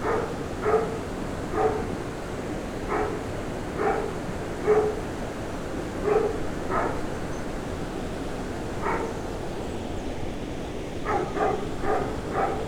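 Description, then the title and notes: Dog barking, several separate barks at uneven intervals, then a pause and a quick burst of four barks, over a steady rushing background noise. Dog barking during a walk to the Moulin Banal mill, Rue des Comtes de Robiano 4, Braine-le-Château, Belgium; recorded with Lom mikroUsi microphones in AB position into a Sony PCM-M10. "Rue des Comtes de Robiano 4, 1440 Braine-le-Château, Belgique - Moulin Banal and dog. Walking to the mill, a dog barks. Marche vers le moulin banal, un chien aboie"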